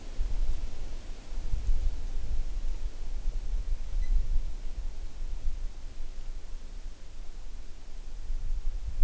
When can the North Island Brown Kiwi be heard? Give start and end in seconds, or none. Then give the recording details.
none. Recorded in New Zealand on 9 June 2014. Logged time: 02:19